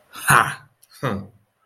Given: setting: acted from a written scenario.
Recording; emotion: vocal sound without words; triumph